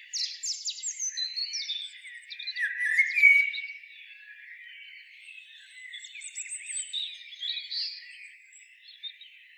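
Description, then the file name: Eurasian blackbird calls, a burst of sharp, high squeaky notes and twitters over the first three and a half seconds, then fainter scattered chirps trailing off. "Turdus merula"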